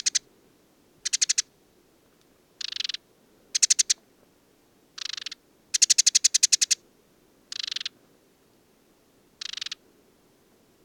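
A desert sparrow sings in short, bright, rapid trills, each a quick rattling run of notes lasting under a second. About eight bursts arrive at uneven intervals with quiet gaps between them, the longest near the middle, over a faint, steady low rumble.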